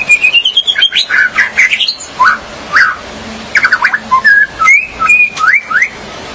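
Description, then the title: Magpie-robin or shama song: varied whistled phrases with rising and falling sweeps, delivered in quick bursts separated by brief pauses. "BM Suara Burung Murai"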